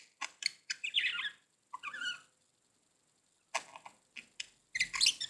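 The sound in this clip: Budgerigar chatter in two bouts of buzzy warbling and clicks, a quiet gap, then a few more calls and a final burst of shrill squawks.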